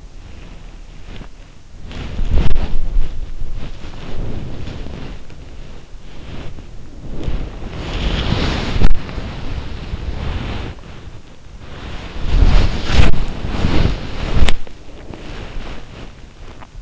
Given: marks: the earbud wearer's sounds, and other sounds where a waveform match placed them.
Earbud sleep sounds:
sounds in sleep by an in-ear microphone; body movement, teeth grinding
0.00-16.82 s: body movement
16.50-16.82 s: teeth grinding

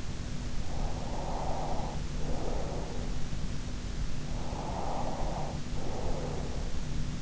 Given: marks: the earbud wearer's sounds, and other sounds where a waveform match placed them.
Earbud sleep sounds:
sounds in sleep by an in-ear microphone; breath
1.09-3.03 s: breath
4.60-6.72 s: breath

